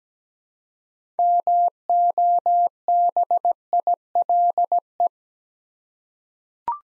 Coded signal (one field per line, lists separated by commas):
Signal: Morse code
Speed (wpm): 17 wpm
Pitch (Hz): 700 Hz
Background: none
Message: MOBILE